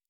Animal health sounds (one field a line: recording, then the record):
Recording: hydrophone in a shrimp aquaculture tank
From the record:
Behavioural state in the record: normal